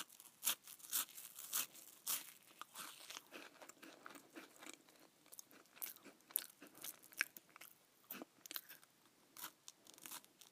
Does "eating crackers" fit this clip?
yes